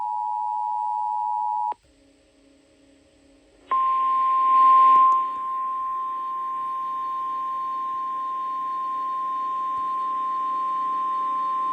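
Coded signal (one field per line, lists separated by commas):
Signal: Emergency Alert System (SAME) tones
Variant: 853 and 960 Hz attention tone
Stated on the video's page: Severe thunderstorm warning relayed on a broadcast station.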